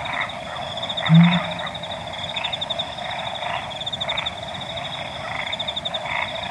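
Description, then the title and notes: Pel's fishing owl producing a single deep, resonant hoot after one second, while frogs keep up regular pulsing croaks and a high buzzing continues above. Calling at dawn, 4:01 AM, 15 August 2015, Okavango Panhandle, waking the recordist; very low call; Sound Devices 702 recorder with Sennheiser 418 stereo shotgun microphone. "Pel's Fishing Owl At Dawn. August 15 2015, 4:01 AM. Okavango Panhandle. Okavango Wilderness Project"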